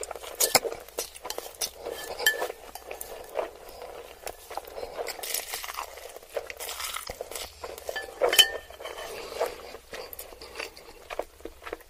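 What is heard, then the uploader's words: Someone eats ramen noodles and chicken nuggets, with frequent sharp clinks and scrapes of cutlery against dishes scattered throughout. Bursts of slurping and chewing rise and fall irregularly, the loudest clatter landing near the start and around eight seconds, over a faint low hum. Eating ramen noodles and chicken nuggets.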